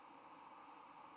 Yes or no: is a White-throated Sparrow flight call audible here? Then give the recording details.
no. Another species' flight call is heard. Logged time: 08:52 on 10 November 2014